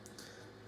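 A 3.5-inch floppy disk is pushed into the restored, cleaned and freshly lubricated floppy drive of a vintage Apple Macintosh Performa 450 desktop computer. Two short clicks at 0.1 s and 0.2 s sound over a low hum as the disk snaps into place and seats.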